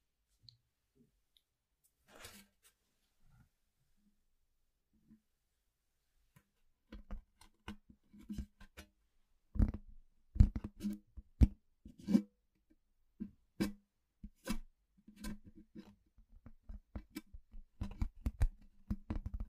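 Household objects knocked and clicked: sparse taps for seven seconds, then a dense run of sharp clacks and thuds with a low ringing tone.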